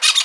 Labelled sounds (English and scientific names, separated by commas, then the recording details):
Brown-throated Parakeet (Eupsittula pertinax) contact call
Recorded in Venezuela
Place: Guárico; Corozopando; Fundo La Fe
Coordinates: 8.506, -67.593